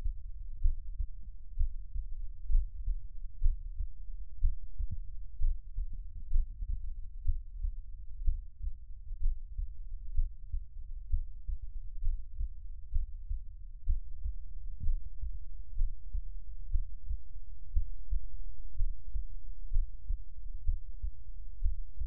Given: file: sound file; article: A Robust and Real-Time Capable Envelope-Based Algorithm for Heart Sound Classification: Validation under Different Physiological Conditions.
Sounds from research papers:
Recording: heart sounds by electronic stethoscope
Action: rest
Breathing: normal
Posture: lying on stomach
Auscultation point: Erb’s point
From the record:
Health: healthy, no known heart disease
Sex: male

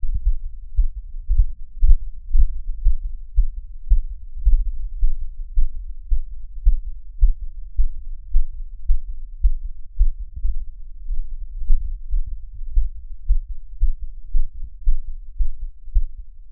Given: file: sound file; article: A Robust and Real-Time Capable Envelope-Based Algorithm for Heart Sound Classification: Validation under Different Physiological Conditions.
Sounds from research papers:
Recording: heart sounds by electronic stethoscope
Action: after 5 min of sport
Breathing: deep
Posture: sitting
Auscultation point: Erb’s point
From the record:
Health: healthy, no known heart disease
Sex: male

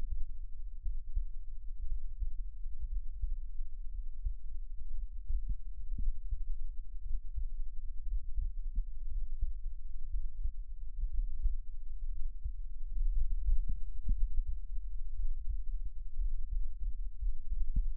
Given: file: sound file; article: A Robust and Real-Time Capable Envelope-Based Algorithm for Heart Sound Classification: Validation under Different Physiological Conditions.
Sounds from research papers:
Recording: heart sounds by electronic stethoscope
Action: rest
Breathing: normal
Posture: sitting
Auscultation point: sternum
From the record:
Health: healthy, no known heart disease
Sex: male

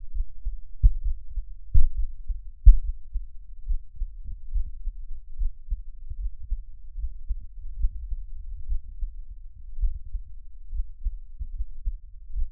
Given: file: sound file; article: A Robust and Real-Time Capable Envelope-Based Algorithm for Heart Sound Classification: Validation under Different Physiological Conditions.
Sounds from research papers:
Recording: heart sounds by electronic stethoscope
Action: rest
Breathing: normal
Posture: lying on left side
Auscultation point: Erb’s point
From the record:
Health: healthy, no known heart disease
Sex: male

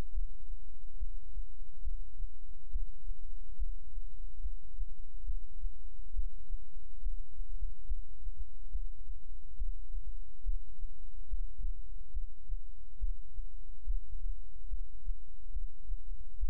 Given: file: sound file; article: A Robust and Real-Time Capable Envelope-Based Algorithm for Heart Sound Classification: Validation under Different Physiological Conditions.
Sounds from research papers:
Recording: heart sounds by electronic stethoscope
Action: rest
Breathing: normal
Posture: lying on right side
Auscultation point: Erb’s point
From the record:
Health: healthy, no known heart disease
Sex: male

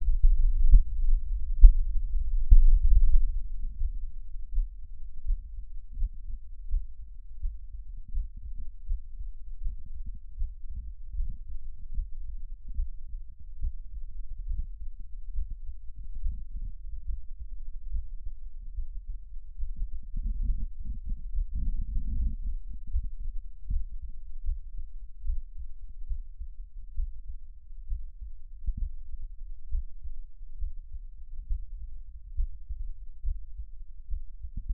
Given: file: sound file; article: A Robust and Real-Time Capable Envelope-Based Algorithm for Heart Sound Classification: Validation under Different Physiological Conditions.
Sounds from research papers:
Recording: heart sounds by electronic stethoscope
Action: rest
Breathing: normal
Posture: lying on stomach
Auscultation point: Erb’s point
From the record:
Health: healthy, no known heart disease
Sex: male

